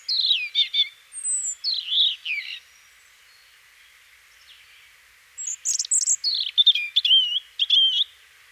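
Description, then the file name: European robin song, a varied sequence of high sweeping whistles and tinkling trills, one phrase then a pause of about three seconds before another. "Erithacus rubecula"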